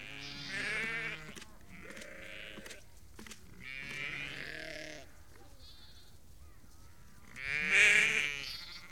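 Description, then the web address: Sheep bleating, hoarse overlapping calls from a flock, with a louder raspy bleat near the end. About 30 to 50 ewes and lambs calling. "The BBC Sound Effects Library Livestock About 30-50 Ewes and Lambs Calling"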